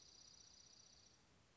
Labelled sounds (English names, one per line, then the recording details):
Dark-eyed Junco
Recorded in Sonoma County, California